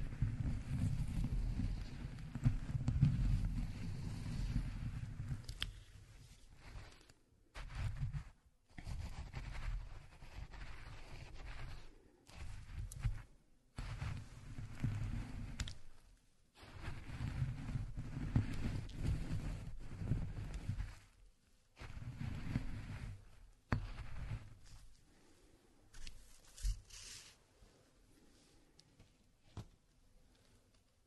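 Walnuts are ground by hand in a low, rough, rumbling grind that comes in bursts of a few seconds, broken by short silent pauses. Faint gritty crackles sit above the rumble, and the strokes grow shorter and quieter after about 25 seconds.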